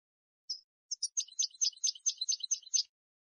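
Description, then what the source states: European goldfinch song: thin high notes leading into a series of scratchy, rhythmic twitters. Clean goldfinch song for song training by copying.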